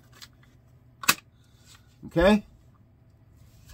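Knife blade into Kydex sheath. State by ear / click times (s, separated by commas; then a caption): seated / 1.1 s. A knife blade is pushed into a Kydex sheath and clicks home with a sharp, bright snap at 1.1 s, confirming it is seated. A few faint ticks come before it, and someone talks briefly afterward.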